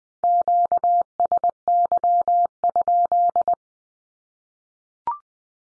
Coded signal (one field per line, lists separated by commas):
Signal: Morse code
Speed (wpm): 20 wpm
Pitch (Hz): 700 Hz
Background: none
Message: QSY?